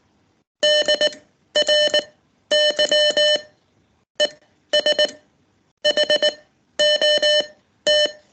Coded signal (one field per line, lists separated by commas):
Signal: Morse code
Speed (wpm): 19 wpm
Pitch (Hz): 600 Hz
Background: none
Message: DRY ES HOT